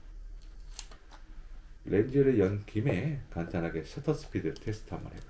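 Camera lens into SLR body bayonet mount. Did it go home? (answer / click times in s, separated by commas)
yes / 0.8 s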